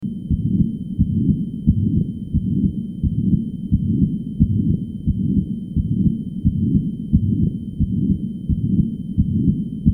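Regular heartbeats with a steady low rumble filling the gaps between them: a continuous murmur through systole and diastole, heard over an adult heart by stethoscope.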